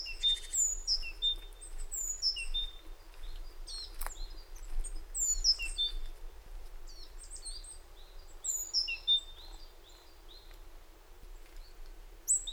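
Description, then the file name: Great tit calls, with rapid high chirps and downslurred notes over a steady background hiss, plus one sharp click. "Parus major"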